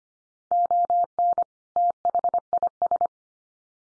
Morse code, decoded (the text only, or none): ON THIS